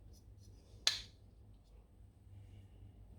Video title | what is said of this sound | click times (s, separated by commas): Episode 25: DALEK EYE - Part 4 - Full-size Dalek Build Project - How to build a Dalek | You can actually hear it click as it goes into position. | 0.9 s